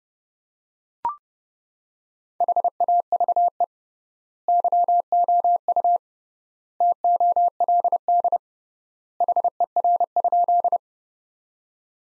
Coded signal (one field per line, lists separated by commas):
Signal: Morse code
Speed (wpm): 30 wpm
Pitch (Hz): 700 Hz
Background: none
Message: HAVE YOU TOLD HER?